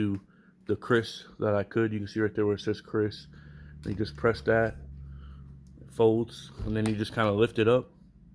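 Someone talks while handling a Kriss Vector .45 ACP pistol, pressing the folding stock/brace release so it folds and then lifting it up toward its receiver lock, with faint handling noise around 5.7 seconds. Nothing has seated or clicked yet; the clip ends just before the brace locks into place.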